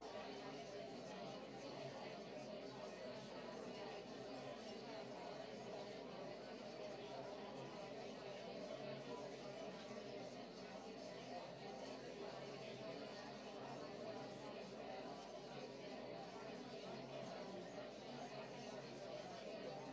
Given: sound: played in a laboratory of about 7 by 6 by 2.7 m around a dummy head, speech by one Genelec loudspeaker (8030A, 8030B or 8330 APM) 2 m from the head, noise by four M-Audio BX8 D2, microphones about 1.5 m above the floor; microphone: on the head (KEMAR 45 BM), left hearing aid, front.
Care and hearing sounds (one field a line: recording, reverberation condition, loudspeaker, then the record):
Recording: babble noise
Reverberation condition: low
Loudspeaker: four, about 170 cm from the corners of the room and facing them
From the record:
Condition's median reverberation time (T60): about 310 ms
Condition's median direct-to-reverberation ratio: about 3.5 dB